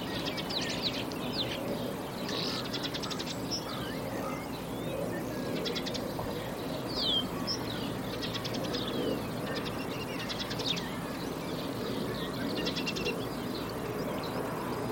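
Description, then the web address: Bird chirping with quick buzzy trills throughout, sharp high notes scattered among them, against constant low rumbling noise. "Bird Only"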